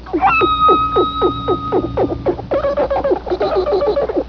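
Dolphin sounds: a train of rapid pulsed clicks under a steady held tone, turning into denser, choppier bursting pulses in the second half.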